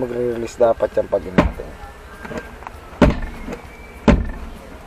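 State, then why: Seated. After the repair, the metal seat latch on a Toyota Innova seat is pushed closed while someone talks over a few sharp knocks. At 4.1 s the latch gives a loud, crisp click as it locks in place.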